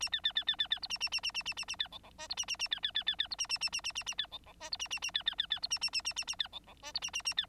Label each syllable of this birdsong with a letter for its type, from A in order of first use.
A B B B B B B C A A A A A A A A B D D E C A A A B B B B B C A A A A A A A B D D E C A A A B B B B C A A A A A A B D D E C A A A B